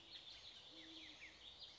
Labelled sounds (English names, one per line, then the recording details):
Great Horned Owl
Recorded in Sonoma County, California